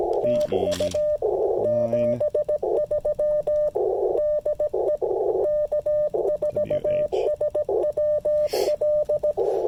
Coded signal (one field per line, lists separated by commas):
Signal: Morse code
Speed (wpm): 18 wpm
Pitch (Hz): 600 Hz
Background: radio noise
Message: TU 73 DE K4SWL